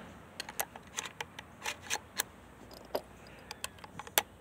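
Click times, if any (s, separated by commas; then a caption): none. Cartridges are pushed through the spring-loaded loading gate into the tubular magazine of an old Winchester 94 lever-action rifle, producing a series of short, sharp metallic clicks and ticks, with the loudest near the end. The last round is not pushed in far enough, fails to catch behind the gate and springs back out, so nothing has seated or clicked into place.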